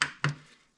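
While the oil pump is rotated on a Kawasaki H2 motorcycle cassette transmission, the metal clutch basket drops into engagement with the oil pump drive and pops fully in. Two sharp clicks are heard at 0.0 s and 0.2 s, the second followed by a brief low ringing that fades out. The clutch basket is seated.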